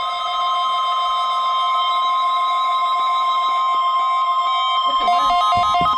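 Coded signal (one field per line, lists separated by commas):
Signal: Emergency Alert System (SAME) tones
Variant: 1050 Hz attention tone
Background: music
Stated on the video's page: Strong thunderstorm statement and required weekly test on NOAA Weather Radio, Corpus Christi forecast office.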